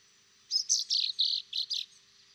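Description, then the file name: Common chaffinch: a rapid series of several high, slightly buzzy notes delivered within about one and a half seconds. "Fringilla coelebs"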